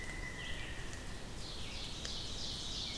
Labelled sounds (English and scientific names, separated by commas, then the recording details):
Ovenbird (Seiurus aurocapilla) song
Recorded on 2 June 2016 at 06:35
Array SBT-3-7